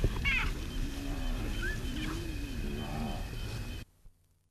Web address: spotted hyena